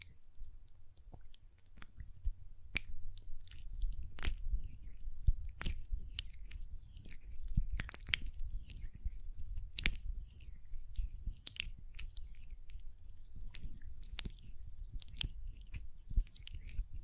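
Hand sounds with quick, irregular nail taps and sticky clicks, several per second, over a low steady rumble and soft squishy rubbing.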